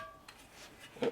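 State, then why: Not seated. With the delta ring pressed down, a polymer and metal handguard half is pushed into the delta ring and handguard cap of an AR-type rifle. Soft handling taps are heard, then a sharper, louder knock near 1.0 s. Nothing has seated or clicked yet.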